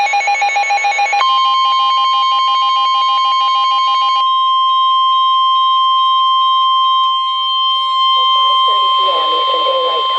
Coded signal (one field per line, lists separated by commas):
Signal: Emergency Alert System (SAME) tones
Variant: 1050 Hz attention tone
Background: speech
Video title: NOAA - FLW & SVR (EAS #1,189-1,190)